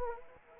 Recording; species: mosquito wingbeat signal from an infrared sensor; Anopheles arabiensis